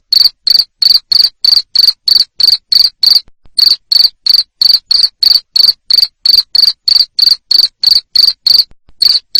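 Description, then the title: Cricket with sharp, high chirps repeated quickly and evenly, pausing briefly twice. Loud chirping of a cricket, played to make lovebirds sing ngekek continuously. "Suara JANGKRIK NGERIK Keras Bikin LOVEBIRD Jadi NGEKEK Terus Vubey"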